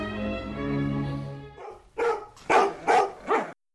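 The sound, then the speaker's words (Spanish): A long, steady whining howl rich in overtones gives way to four loud, sharp barks from dogs in quick, uneven succession, with no talking. “Los perros de Pavlov.”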